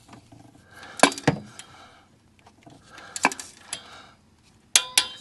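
A click-type torque wrench tightens a new Bank 1, Sensor 1 oxygen sensor into the exhaust manifold of a 1st-generation (2006–2015) Honda Ridgeline, replaced over code P2251, working in a cramped engine bay. Metallic clinks and ratcheting come around 1.0, 1.3 and 3.2 seconds. The wrench then gives a sharp click at its set torque at 4.8 seconds, followed by a second sharp click at 5.0 seconds.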